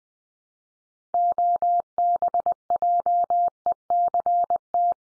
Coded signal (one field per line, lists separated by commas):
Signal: Morse code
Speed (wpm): 20 wpm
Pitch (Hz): 700 Hz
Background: none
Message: OBJECT